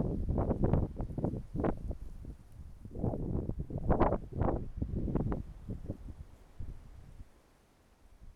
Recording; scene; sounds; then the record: everyday scene through a hearing-aid microphone; wind on the microphone; wind, traffic, birds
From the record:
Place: suburban garden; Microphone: behind the ear, right, rear